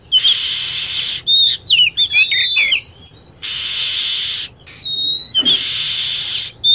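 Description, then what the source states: Lovebird chatter: dense squeaky twittering with downward-sliding whistles, set between bursts of steady, hissing screech. Lure sound used for attracting lovebirds.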